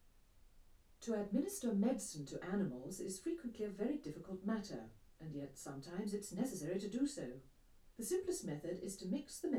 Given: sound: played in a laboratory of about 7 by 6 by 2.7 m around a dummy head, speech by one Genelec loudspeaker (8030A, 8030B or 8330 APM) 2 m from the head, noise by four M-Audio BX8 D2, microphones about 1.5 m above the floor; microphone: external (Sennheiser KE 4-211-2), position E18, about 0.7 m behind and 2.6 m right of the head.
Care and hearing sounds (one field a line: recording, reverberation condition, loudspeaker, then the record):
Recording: female speech in English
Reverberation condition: low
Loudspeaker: 30 degrees to the right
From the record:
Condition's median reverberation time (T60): about 310 ms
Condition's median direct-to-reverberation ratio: about 3.5 dB